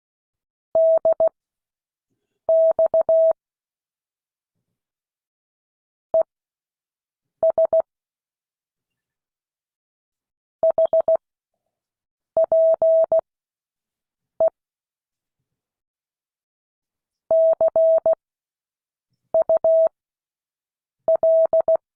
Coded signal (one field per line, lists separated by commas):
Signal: Morse code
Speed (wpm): 16 wpm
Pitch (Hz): 650 Hz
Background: none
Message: DX ES HPE CUL